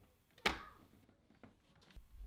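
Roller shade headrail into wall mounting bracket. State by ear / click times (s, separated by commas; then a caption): seated / 0.5 s. A roller shade headrail is tilted into its wall mounting bracket, hooked on the front, then pushed down to lock on the back. A sharp snap at 0.5 s rings out bright and decays over about half a second, followed by a few faint knocks. The shade is fully seated and locked in the bracket.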